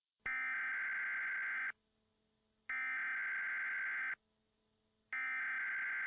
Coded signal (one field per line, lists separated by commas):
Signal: Emergency Alert System (SAME) tones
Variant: header bursts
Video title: [EAS MOCK] Bellwether Escapes Jail. (Law Enforcement Warning)